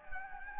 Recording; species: mosquito wingbeat signal from an infrared sensor; Anopheles gambiae